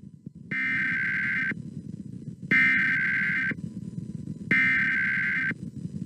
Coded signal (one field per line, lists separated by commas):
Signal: Emergency Alert System (SAME) tones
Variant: header bursts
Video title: 2021 National Emergency Alert System Test Compilation